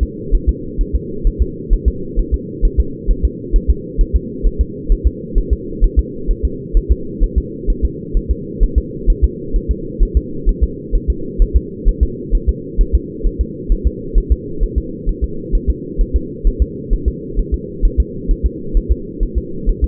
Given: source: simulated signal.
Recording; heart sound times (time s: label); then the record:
fetal heart sounds
0.03 s: S2
0.35 s: S1
0.49 s: S2
0.81 s: S1
0.95 s: S2
1.27 s: S1
1.42 s: S2
1.73 s: S1
1.88 s: S2
2.19 s: S1
2.34 s: S2
2.65 s: S1
2.80 s: S2
3.11 s: S1
3.25 s: S2
3.56 s: S1
3.70 s: S2
4.01 s: S1
4.16 s: S2
4.47 s: S1
4.61 s: S2
4.92 s: S1
5.07 s: S2
5.38 s: S1
5.53 s: S2
5.84 s: S1
5.99 s: S2
6.31 s: S1
6.45 s: S2
6.77 s: S1
6.91 s: S2
7.24 s: S1
7.38 s: S2
7.70 s: S1
7.85 s: S2
8.17 s: S1
8.31 s: S2
8.63 s: S1
8.78 s: S2
9.10 s: S1
9.24 s: S2
9.56 s: S1
9.71 s: S2
10.03 s: S1
10.17 s: S2
10.49 s: S1
10.64 s: S2
10.96 s: S1
11.10 s: S2
11.42 s: S1
11.56 s: S2
11.89 s: S1
12.03 s: S2
12.35 s: S1
12.49 s: S2
12.81 s: S1
12.95 s: S2
13.27 s: S1
13.41 s: S2
13.72 s: S1
13.87 s: S2
14.18 s: S1
14.32 s: S2
14.64 s: S1
14.78 s: S2
15.09 s: S1
15.24 s: S2
15.55 s: S1
15.70 s: S2
16.01 s: S1
16.16 s: S2
16.47 s: S1
16.62 s: S2
16.93 s: S1
17.08 s: S2
17.39 s: S1
17.54 s: S2
17.85 s: S1
18.00 s: S2
18.31 s: S1
18.46 s: S2
18.77 s: S1
18.92 s: S2
19.23 s: S1
19.38 s: S2
19.69 s: S1
19.84 s: S2
From the record:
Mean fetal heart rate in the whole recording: 130 bpm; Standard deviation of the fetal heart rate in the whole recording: 2 bpm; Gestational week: 38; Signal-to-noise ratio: -4.3 dB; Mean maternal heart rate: 72 bpm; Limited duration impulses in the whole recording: absent